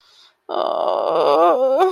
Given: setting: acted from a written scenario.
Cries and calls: vocal sound without words; shame

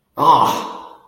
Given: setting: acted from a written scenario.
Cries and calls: vocal sound without words; pain

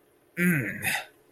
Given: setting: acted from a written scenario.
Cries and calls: vocal sound without words; triumph

